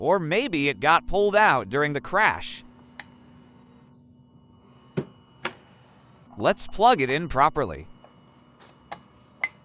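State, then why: Seated. Someone talks while a loose plastic wiring connector, partly unseated after a crash, is pushed fully home into the headlight housing socket of a BMW G60. A few short taps are heard around 3.0, 5.0, 5.5 and 8.9 s, then a sharp click at 9.4 s as the connector seats firmly.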